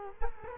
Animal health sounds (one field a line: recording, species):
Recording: mosquito wingbeat signal from an infrared sensor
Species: Culex quinquefasciatus